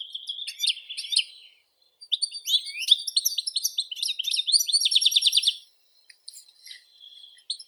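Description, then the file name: European goldfinch song: long run of varied tinkling twitters and fast buzzy trills, then a few scattered soft notes. "Golosa ptic - CSHegol Carduelis carduelis"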